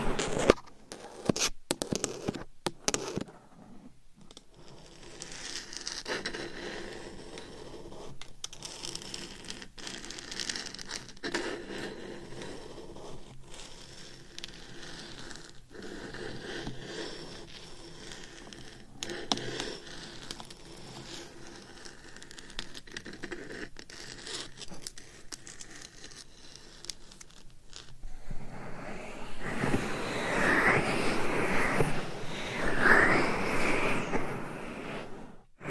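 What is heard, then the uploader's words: Claws scratch and tap against a microphone, opening with a cluster of sharp, loud taps in the first few seconds. A steady, dry scraping with rhythmic swells follows, growing denser and brighter from about 29 seconds to the end, with a few squeaky scrapes. ASMR Binaural Mic Scratching & Tapping with Claws. No Talking.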